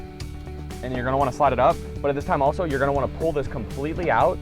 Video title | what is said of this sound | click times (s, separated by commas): How To Install A Child Car Seat St Louis Missouri | So we're going to go ahead and take the seatbelt out, and we'll click it in, | 0.2 s